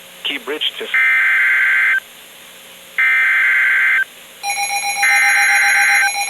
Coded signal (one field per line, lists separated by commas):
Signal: Emergency Alert System (SAME) tones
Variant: header bursts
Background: speech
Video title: SCHOOL SUCKS - EAS alerts 232-251